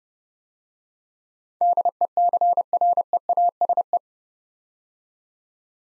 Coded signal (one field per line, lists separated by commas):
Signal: Morse code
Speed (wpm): 30 wpm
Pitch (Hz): 700 Hz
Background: none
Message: DECREASE